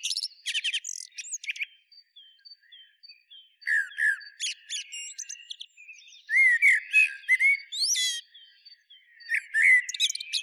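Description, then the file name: Common blackbird giving bursts of squeaky, chattering notes mixed with short rising and falling whistles, in several separate groups with brief pauses between them. "Turdus merula"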